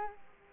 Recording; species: mosquito wingbeat signal from an infrared sensor; Culex quinquefasciatus